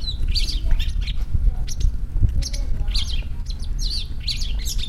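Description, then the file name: Long-tailed shrike calls: clusters of scratchy chirps and short notes, under a noticeable low rumbling background. "shrike-long-tailed -Lanius-schach"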